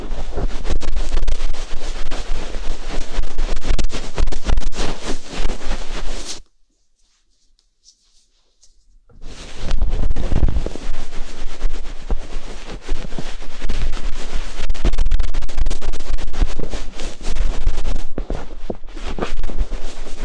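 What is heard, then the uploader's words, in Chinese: A feather ear-cleaning tool brushes and scratches against the microphone in a dense, continuous rustle full of quick crackling strokes from low to bright. Near 6.5 seconds the sound cuts to silence for almost three seconds, then the busy brushing resumes. 梵天掏耳。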